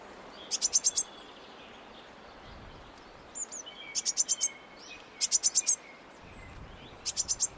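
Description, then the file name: Eurasian blue tit giving rapid bursts of four to six high, sharp notes, with a few softer, lower chirps between the bursts. "Cyanistes caeruleus"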